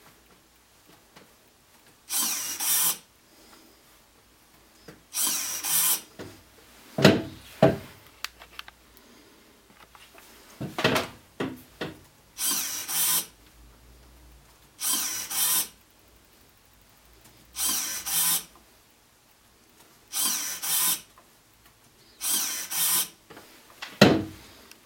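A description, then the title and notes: A motorised spray bottle fires short hissing bursts of spray, each under a second long, about every two to three seconds. The bursts are bright and airy with a faint motor whir beneath. Between sprays come quiet gaps, broken by a few sharp clicks and brief whirs. Motorised Spray Bottle Test. This is now with stronger servos Jamara Q7 Standard - c.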